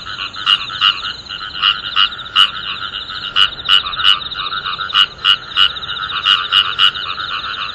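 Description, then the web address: Frog croaking in short, bright notes, about three a second in uneven bursts, over a steady rattling chorus of other frogs. "tera kaeru"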